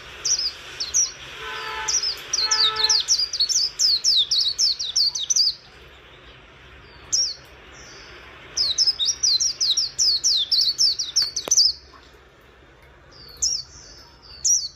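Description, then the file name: White-eye song in several bursts of rapid, high slurred chirps; a lower, harmonic call is heard early on. "Zosterops"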